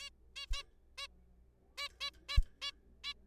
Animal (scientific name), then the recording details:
Taeniopygia guttata. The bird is a juvenile. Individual R3428